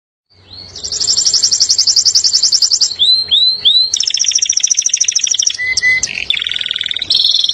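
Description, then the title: Canary singing a long, fast high trill, then three rising whistled slurs, a buzzy rolling phrase, short clear whistles and another rapid trill. Master training recording of a national contest champion. "Masteran Kenari Lomba Juara Nasional"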